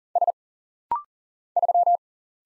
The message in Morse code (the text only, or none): S 3